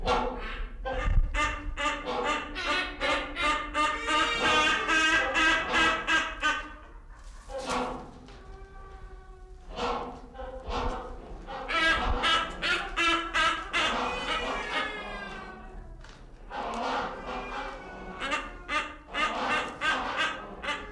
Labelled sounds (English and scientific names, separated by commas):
Silvery-cheeked Hornbill (Bycanistes brevis) call